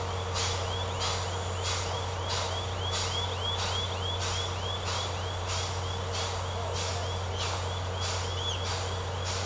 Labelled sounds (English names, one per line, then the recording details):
none
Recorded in secondary vegetation near Puerto Asís, Putumayo, Colombia, on 19 March 2025 at 18:00
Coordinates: 0.468, -76.324
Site G059